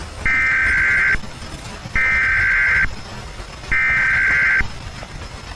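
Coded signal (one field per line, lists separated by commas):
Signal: Emergency Alert System (SAME) tones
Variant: header bursts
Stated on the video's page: Fictional EAS scenario, pure fiction, not a real alert.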